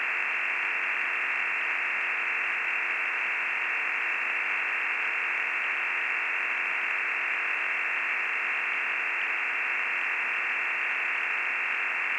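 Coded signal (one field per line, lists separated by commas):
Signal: digital SSTV (DRM)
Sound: continuous even rushing hiss confined to a mid-frequency band, unchanging throughout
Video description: MELBOURNE "EASYPAL" ham radio digital slow scan TV net audio log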